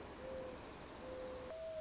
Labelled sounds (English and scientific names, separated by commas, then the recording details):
Mourning Dove (Zenaida macroura)
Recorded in Sonoma County, California